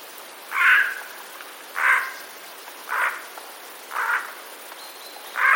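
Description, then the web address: Eurasian jay delivering a steady run of hoarse alarm screeches, about one each second, with a faint thin tone near the end. Recorded 26 September 2021; jay's alarm call, described as a warning call. "wroblowe ostrzegator sojka"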